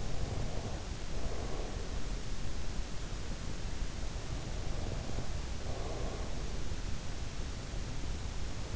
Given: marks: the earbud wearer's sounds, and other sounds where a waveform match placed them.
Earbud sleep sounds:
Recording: sounds in sleep by an in-ear microphone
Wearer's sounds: breath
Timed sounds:
0.00-2.16 s: breath
4.55-6.59 s: breath

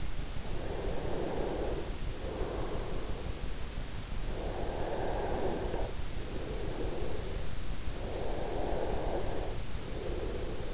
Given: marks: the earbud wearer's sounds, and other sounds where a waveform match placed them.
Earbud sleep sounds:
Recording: sounds in sleep by an in-ear microphone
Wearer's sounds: breath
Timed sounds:
0.69-3.69 s: breath
4.07-10.69 s: breath

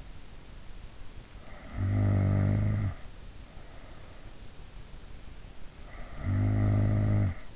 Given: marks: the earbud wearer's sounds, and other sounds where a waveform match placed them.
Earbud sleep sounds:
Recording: sounds in sleep by an in-ear microphone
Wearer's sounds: snoring breath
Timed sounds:
1.56-3.27 s: snoring breath
5.80-7.56 s: snoring breath

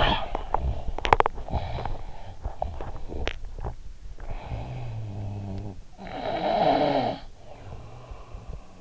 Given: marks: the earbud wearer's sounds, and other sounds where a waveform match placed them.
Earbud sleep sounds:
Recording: sounds in sleep by an in-ear microphone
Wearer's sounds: cough or throat clearing or sniffle, teeth grinding, snoring breath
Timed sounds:
0.00-0.35 s: cough or throat clearing or sniffle
0.35-4.28 s: teeth grinding
4.28-8.81 s: snoring breath

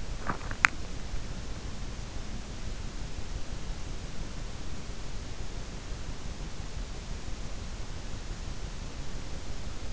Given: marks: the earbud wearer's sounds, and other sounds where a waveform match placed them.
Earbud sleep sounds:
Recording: sounds in sleep by an in-ear microphone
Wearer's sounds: teeth grinding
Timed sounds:
0.00-1.01 s: teeth grinding

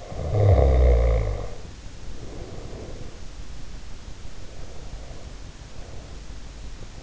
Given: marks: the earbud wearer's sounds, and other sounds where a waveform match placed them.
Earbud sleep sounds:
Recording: sounds in sleep by an in-ear microphone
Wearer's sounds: snoring breath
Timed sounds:
0.00-3.31 s: snoring breath

